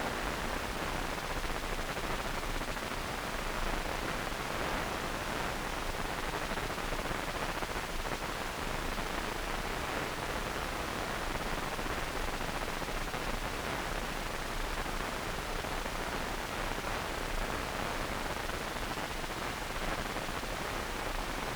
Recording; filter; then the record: brain microelectrode recording played as sound; wide band, above 20 Hz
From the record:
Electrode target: subthalamic nucleus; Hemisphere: right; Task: reaching with the left hand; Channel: 2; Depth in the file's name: 1.506 mm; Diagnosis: Parkinson's disease